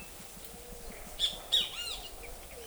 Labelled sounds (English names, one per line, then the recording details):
Great Kiskadee
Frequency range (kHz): Great Kiskadee 0.8-12.1 kHz
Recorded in forest near Pivijay, Magdalena, Colombia, on 6 June 2023 at 14:00
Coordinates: 10.467, -74.380
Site Z5-G034